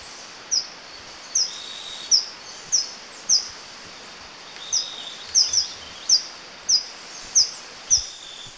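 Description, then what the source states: Golden-eyed flowerpiercer song: a series of very high, sharp tinkling notes repeated roughly every half second to second, with faint hiss behind. Bird of Ecuador.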